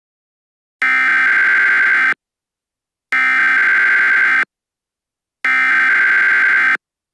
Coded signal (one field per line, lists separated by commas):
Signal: Emergency Alert System (SAME) tones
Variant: header bursts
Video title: EAS SCENARIO- ULTIMATE MASSACRE